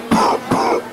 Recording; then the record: coughing mixed with background sound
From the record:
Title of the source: Coughing 77